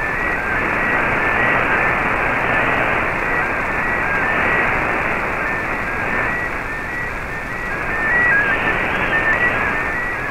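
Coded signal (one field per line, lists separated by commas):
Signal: multi-tone FSK (Olivia or MFSK type)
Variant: MFSK32 or MFSK64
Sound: faint quick hopping tones warbling through heavy shortwave hiss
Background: radio static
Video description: here is my decode of the Shortwave Radiogram broadcast today on 15770Khz shortwave radio at 1300UTC in MFSK32 and 64 and with 10 SSTV images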